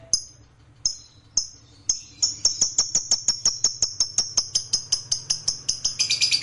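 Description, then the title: Lovebird starting with slow high ticks that quicken into a long rapid trill of sharp chirps, rising in intensity at the close. Fighter lovebird giving a long ngekek. "Begitu Dengar Suara Lovebird FIGHTER NGEKEK PANJANG"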